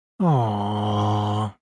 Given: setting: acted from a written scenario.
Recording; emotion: vocal sound without words; sympathy